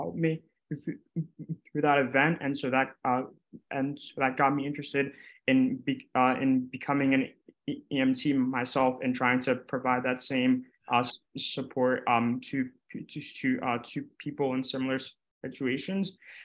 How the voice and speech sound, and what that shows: Neuroscience majors at the University of Pennsylvania who took it upon themselves to start a stuttering support group at Penn. Young people who stutter.